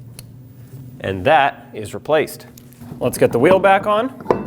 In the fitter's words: Now connect the electrical connector. Push it on all the way until it clicks.